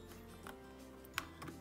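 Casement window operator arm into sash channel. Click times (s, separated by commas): 1.2 s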